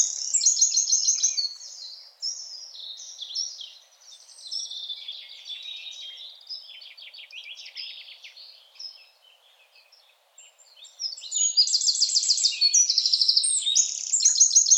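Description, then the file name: Eurasian wren song: loud high trills at the start, softer twittering phrases through the middle, a brief lull, then another loud, rapid trilling burst near the end. "Troglodytes troglodytes"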